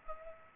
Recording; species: mosquito wingbeat signal from an infrared sensor; Aedes aegypti